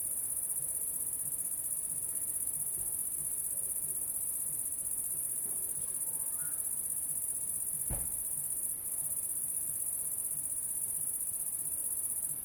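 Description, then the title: High continuous cricket trill throughout, with a sharp knock around eight seconds. Recorded at La Sablière, Saint-Privat-de-Champclos, France, with a Zoom H6 and M/S microphone. "30430 Saint-Privat-de-Champclos, France - cricket la sabliére"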